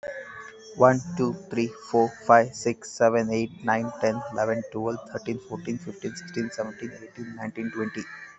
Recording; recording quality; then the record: counting at a fast pace; excellent, no background noise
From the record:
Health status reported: healthy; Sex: male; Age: 26 years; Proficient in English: yes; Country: India